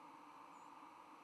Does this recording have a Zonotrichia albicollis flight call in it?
yes